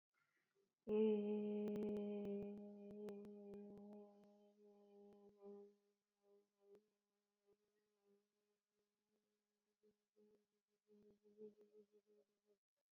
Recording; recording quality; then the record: sustained vowel as in made; excellent, no background noise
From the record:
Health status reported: exposed to COVID-19, no respiratory illness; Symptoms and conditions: cough, muscle pain, loss of smell and taste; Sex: female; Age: 27 years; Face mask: not worn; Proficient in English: yes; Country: India